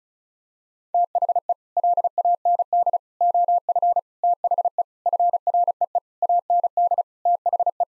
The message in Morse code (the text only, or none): THE LAND OF THE FREE AND THE